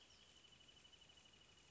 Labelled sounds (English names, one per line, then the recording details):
Wrentit
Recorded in Sonoma County, California